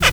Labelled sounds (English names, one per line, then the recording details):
Zebra Finch kackle call
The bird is a male
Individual mal5